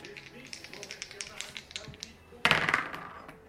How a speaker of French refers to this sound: Bah, tu lances d'abord les dés pour un personnage, ensuite les dés pour un autre personnage.